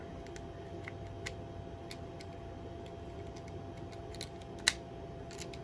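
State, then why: Seated. The plastic fuel tank of an N scale Con-Cor Alco PA1 Rio Grande model locomotive is pressed into the chassis frame during reassembly, with faint small ticks and handling noises heard first. At 4.7 s a sharp, bright snap rings out as its little teeth engage the cutouts on either side, and the tank is seated in the frame.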